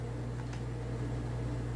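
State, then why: Not seated. An attachment part for a WE G34 Gen 4 gas blowback airsoft pistol is hooked on from the bottom and lined up on the pistol's upper part, just before being clipped in. A steady low hum runs throughout, with faint handling noise. Nothing has clicked or seated yet.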